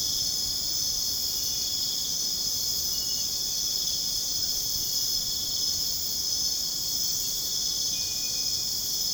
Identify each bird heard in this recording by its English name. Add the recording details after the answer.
none. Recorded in dense forest near Puerto Asís, Putumayo, Colombia, on 22 June 2025 at 21:30. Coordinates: 0.486, -76.317. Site G065